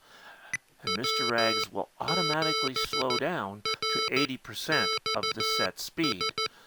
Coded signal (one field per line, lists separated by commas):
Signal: Morse code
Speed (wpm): 16 wpm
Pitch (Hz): 1320 Hz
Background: speech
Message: W7RXS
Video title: Mr. Rags Macro Keyer - Pt 5 - Special Features